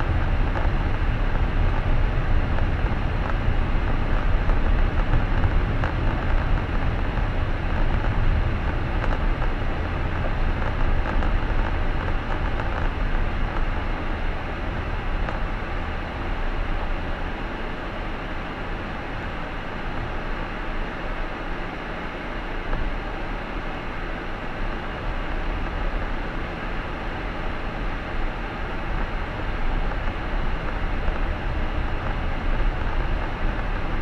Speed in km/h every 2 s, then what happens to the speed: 40, 41, 41, 40, 37, 32, 26, 23, 19, 16, 11, 10, 14, 16, 16, 19, 22.
0-7 steady at about 40. 7-21 slows to 10. 21-34 speeds up to 22.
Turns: none.